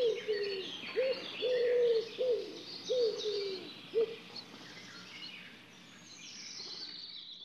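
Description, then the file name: Common wood pigeon giving a run of soft, low coos that stops after about four seconds, with other small birds singing higher throughout. "Ringduva"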